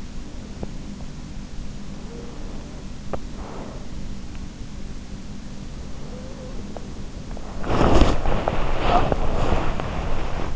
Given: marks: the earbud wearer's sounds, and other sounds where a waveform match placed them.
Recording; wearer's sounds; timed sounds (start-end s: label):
sounds in sleep by an in-ear microphone; breath, body movement
1.67-4.01 s: breath
5.51-7.72 s: breath
7.56-10.56 s: body movement